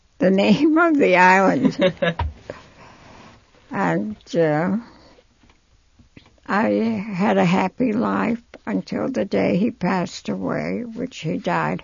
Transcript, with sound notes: The name of the island. (they laugh) And, uh, I had a happy life until the day he passed away, which he died